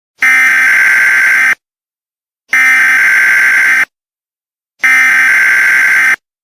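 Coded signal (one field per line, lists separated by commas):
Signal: Emergency Alert System (SAME) tones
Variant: header bursts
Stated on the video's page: Fictional alert scenario.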